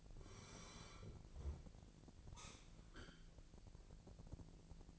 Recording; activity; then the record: daily activity, microphone in the room; sit down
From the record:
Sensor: 5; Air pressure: 1002.0 hPa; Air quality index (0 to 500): 246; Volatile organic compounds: 30 ppm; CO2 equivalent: 2957 ppm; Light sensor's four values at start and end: 44/104/43/47 and 44/104/43/47